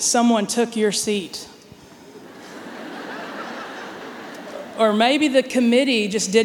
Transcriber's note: laughter